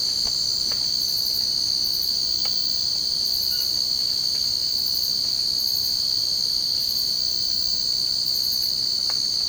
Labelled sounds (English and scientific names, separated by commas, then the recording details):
none
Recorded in secondary vegetation near Puerto Asís, Putumayo, Colombia, on 24 March 2025 at 02:00
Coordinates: 0.488, -76.319
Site G095